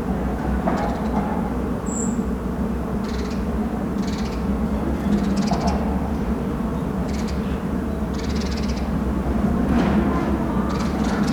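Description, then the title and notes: Honey bees buzzing as a dense, steady low drone from many insects. Thousands of insects, mostly honey bees, in a fully flowering cherry tree at Sunday noon during the Corona lockdown, Schwartzkopffstraße, Berlin, Germany. "Schwartzkopffstraße 7c, 10115 Berlin, Germany - Kirschbaum mit Bienen und anderen Insekten. Ein Sonntagmittag während des Corona-Lockdowns, ein Kirschbaum in voller Blüte mit, offenbar, Tausenden Insekten, vor allem Honigbienen"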